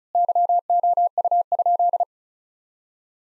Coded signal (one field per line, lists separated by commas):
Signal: Morse code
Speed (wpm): 36 wpm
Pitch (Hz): 700 Hz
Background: none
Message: YOU?